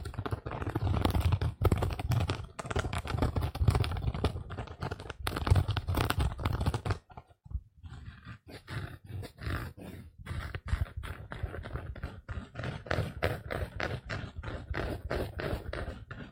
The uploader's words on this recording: ASMR Sponge scratch Soft & Rough sounds (No Talking).